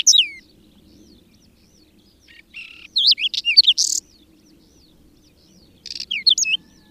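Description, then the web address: Whinchat song, brief bursts of mixed scratchy and whistled notes, some rising and falling, delivered in short phrases separated by pauses of a few seconds. "agykontroll Madardalok Cd 3. Rozsdás csuk"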